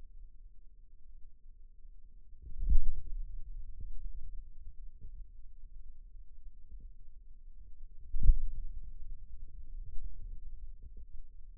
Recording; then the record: forearm muscle sounds (acoustic myography)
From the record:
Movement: finger pinch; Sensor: system 2, bracelet of six BSWA MPA416 microphones around the upper forearm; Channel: 2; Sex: male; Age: 22 years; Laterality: right